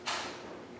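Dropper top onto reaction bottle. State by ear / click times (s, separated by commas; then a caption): not seated / none. A plastic dropper top with tubing is handled and pressed toward a small 15 mL plastic bottle right after hydrogen peroxide is poured in. A broad, hissy rush of sound swells at about 0.1 s and then slowly fades. Nothing has seated or clicked yet.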